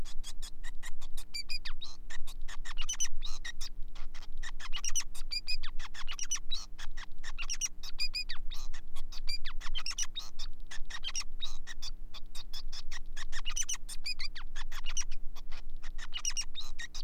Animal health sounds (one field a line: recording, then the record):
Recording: song of a male Bengalese finch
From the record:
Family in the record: son of father 5